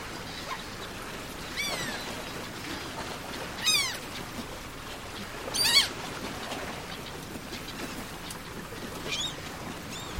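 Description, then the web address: Gull mewing calls, short descending cries heard about four times over a steady rushing background noise, loudest near four and six seconds. "bird seagull"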